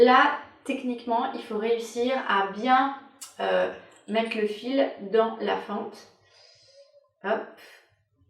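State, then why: Not seated. Someone talks while working the nylon retaining wire of a half-rim eyeglass frame, pulled with a ribbon, toward the groove around the edge of the lens. Speech fills most of the clip, with quiet handling sounds near the end. Nothing has seated or clicked yet; the wire is not yet home in the groove.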